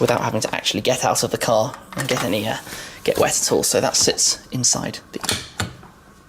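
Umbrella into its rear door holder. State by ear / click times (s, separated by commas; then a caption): seated / 5.6 s. Someone talks as an umbrella is pushed into its holder inside the rear door of a 2020 Rolls-Royce truck; the holder sits there so a front-seat occupant can press a button and pop the umbrella out without getting out and getting wet. A sharp click at 5.6 s marks the umbrella seating firmly in place.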